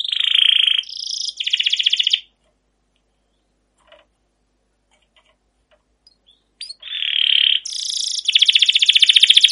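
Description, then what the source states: Canary giving loud buzzy rolled trills in bursts, falling silent for several seconds, then resuming with fast rattling trills at varying pitch. Canary singing long chirping rolled trills ('cuit cuit', 'ngerol', 'gacor panjang') as a tutor recording (masteran) used to prompt other canaries to sing.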